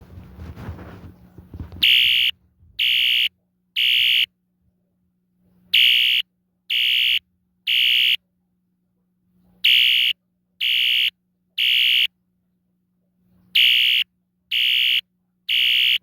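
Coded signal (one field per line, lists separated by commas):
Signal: alarm pattern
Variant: Wheelock electronic horn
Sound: harsh electronic horn blasting three short times, pause, repeated four times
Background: brief handling noise at start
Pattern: temporal three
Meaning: Temporal three pattern signals fire evacuation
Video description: my Wheelock ES-DL1-WS-24DC electronic mid 1980s horn strobe being coded to temporal 3 by two modules, the Collectors Controls DUSMC sync module, and the System Sensor MDL sync module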